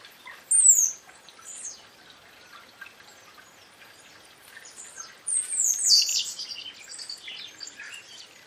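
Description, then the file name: Shiny cowbird calls: a loud, very high descending whistle, then quiet, then a longer burst of high, squeaky, tumbling notes. Recorded at Caraíbas on 8 May 2019. "Chupim-Molothrus-bonariensis-OK-CARAIBAS-8-5-2019"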